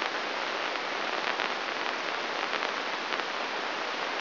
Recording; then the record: brain microelectrode recording played as sound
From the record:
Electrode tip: inside the subthalamic nucleus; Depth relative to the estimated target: -1 mm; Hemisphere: right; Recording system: AlphaMap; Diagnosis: Parkinson's disease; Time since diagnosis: 24 years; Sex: male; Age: 67 years